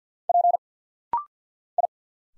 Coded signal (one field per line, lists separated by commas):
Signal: Morse code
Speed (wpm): 48 wpm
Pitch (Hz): 700 Hz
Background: none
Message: P I